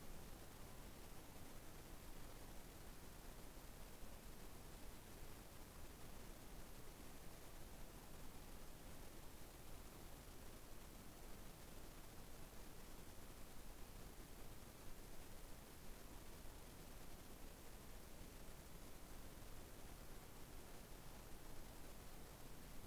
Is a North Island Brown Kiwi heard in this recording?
no